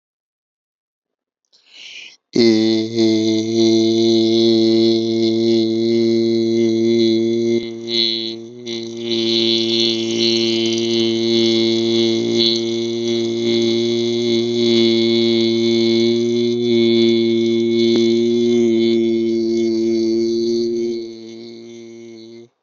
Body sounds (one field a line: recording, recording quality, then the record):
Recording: sustained vowel as in made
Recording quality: moderate, slight background noise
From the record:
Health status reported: healthy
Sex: male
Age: 40 years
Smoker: yes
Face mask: not worn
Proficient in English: yes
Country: India